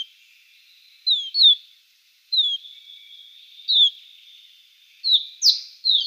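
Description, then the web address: Eurasian crag martin calls: thin, high downslurred notes, often paired, repeated about every one to two seconds over a faint steady high hiss. "Schulze Peter Eurasian Crag-Martin calls"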